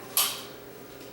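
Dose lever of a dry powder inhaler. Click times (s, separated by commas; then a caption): 0.2 s. The plastic dose lever of a disc-type dry powder inhaler is pushed back until it latches, giving one sharp, bright click at 0.2 s that fades within about a quarter second into quiet. The lever has clicked home, meaning the dose is loaded and ready to breathe in.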